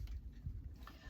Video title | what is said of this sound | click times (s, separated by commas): March 22, 2025 | So I just put around and as you can hear, you can hear it click in. | 0.1 s, 0.9 s